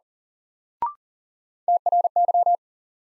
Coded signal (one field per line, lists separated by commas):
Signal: Morse code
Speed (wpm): 37 wpm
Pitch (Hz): 700 Hz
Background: none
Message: TRY